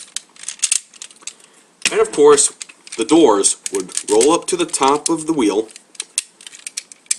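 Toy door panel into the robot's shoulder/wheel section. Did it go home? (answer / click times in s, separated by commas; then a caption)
yes / 6.2 s. On a plastic transforming robot toy, the door panels are rolled up to the top of the wheel at the robot's shoulder section, with light plastic clicks and rattles before and after someone talks. A sharp snap at 6.2 s marks a door panel snapping into place, followed by a few more small clicks.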